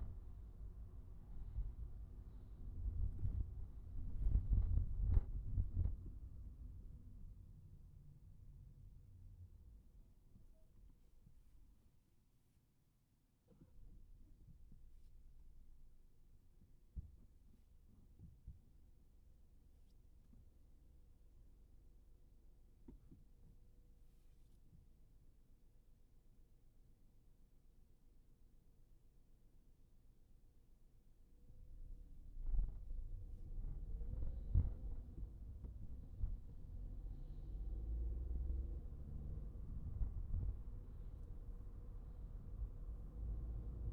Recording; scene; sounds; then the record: everyday scene through a hearing-aid microphone; in a vehicle; engine, highway traffic jam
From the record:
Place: Skoda Fabia, gasoline engine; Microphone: behind the ear, right, front